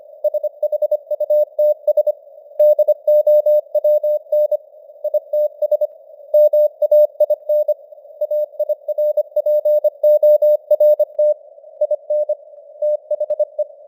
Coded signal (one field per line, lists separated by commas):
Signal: Morse code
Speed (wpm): 25 wpm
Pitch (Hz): 600 Hz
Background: none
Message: SHUTS DOWN ITS MAIN AIRPORT IN THE